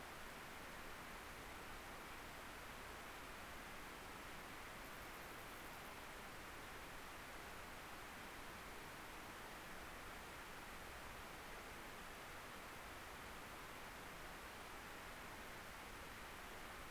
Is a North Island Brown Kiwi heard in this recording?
no